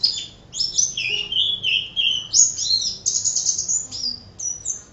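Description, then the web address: White-eye song, a high twittering warble of quick slurred notes, some rising and some falling, with short pauses between phrases. Song in the ngerol style; recording used as tutor audio for training birds. "pleci-ngerol masteran pleci"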